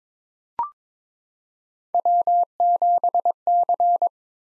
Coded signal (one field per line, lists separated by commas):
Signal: Morse code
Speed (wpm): 22 wpm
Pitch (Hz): 700 Hz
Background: none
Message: W7C